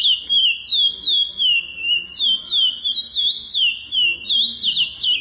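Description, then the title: Chestnut-bellied seed finch singing a rapid run of bright, high whistled notes that swoop up and down in steady pulses, nearly three each second, over a quiet background. "Canto De Curio"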